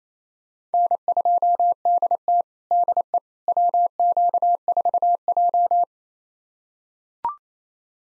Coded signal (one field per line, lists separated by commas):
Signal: Morse code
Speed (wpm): 28 wpm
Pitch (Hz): 700 Hz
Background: none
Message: N2DT DE WQ4J